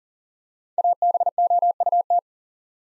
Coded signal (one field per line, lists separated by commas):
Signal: Morse code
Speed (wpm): 40 wpm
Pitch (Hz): 700 Hz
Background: none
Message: ABOUT